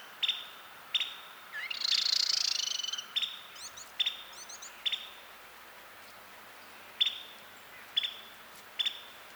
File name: Carolina Wren Thryothorus ludovicianus